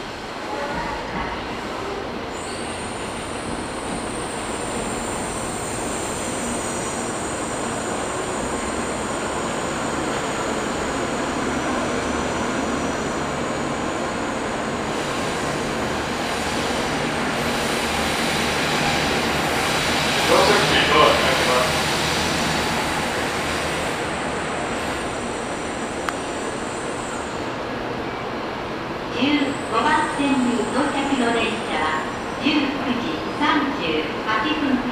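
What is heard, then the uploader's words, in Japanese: Inside a Tokaido Shinkansen Kodama train running from Nagoya toward Toyohashi, a steady dense rumble and rush fill the whole stretch, with a thin high whine above. Around twenty seconds the roar swells briefly, and near the end a clatter of irregular knocks and murmuring voices breaks in. 東海道新幹線 名古屋→豊橋 こだま号自由席。14号車に乗車しました。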